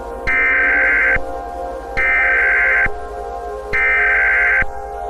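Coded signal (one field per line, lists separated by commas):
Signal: Emergency Alert System (SAME) tones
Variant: header bursts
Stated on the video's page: Fictional analog-horror EAS scenario using valid SAME tones.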